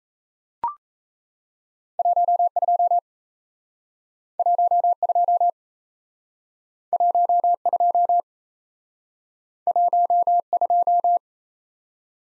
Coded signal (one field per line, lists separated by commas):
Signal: Morse code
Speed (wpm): 36 wpm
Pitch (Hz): 700 Hz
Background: none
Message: 12 12 12 12